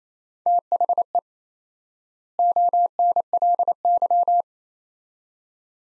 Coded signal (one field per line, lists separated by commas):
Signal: Morse code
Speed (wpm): 27 wpm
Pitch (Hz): 700 Hz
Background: none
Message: THE ONLY